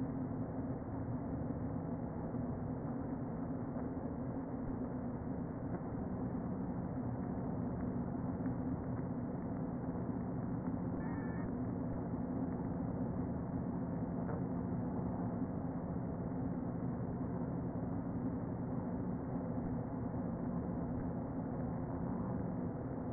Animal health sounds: honeybee colony, microphone inside the hive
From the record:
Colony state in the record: queen present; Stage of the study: before two queens were removed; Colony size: about 60,000 bees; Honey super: yes

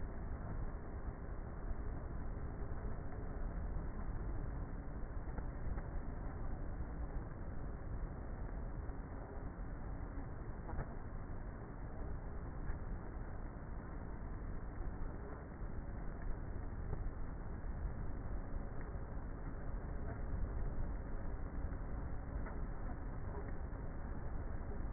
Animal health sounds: honeybee colony, microphone inside the hive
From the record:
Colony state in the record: queenless with a low population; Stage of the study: before two queens were removed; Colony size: about 30,000 bees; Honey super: no

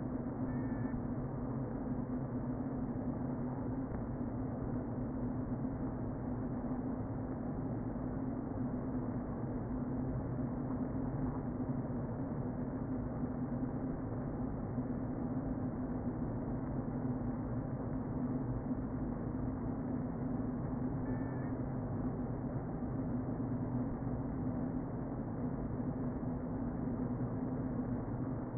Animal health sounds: honeybee colony, microphone inside the hive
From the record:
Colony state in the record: queen present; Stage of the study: before two queens were removed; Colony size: about 60,000 bees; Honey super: yes

